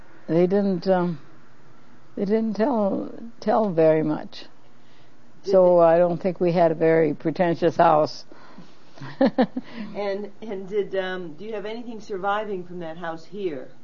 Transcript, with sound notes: They didn't um - they didn't tell - tell very much. So I don't think we had a very pretentious house (laughs)
And - and did um - do you have anything surviving from that house here?